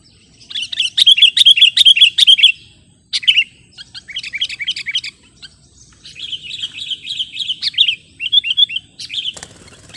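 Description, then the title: Sooty-headed bulbul song: bursts of rapid, high chattering notes with short pauses between phrases, some slurred whistles near the end, a faint low hum underneath. "kutilang"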